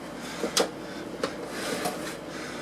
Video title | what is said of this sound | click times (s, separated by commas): Customer Computer Build Video | and then just let it go and it'll just snap right in | 0.6 s, 1.2 s